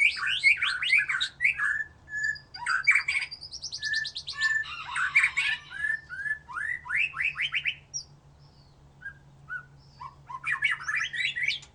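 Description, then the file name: White-rumped shama song, an energetic mix of chattering runs, buzzy rising sweeps and clear whistles, pausing briefly before resuming, with a low steady hum beneath. "murai batu"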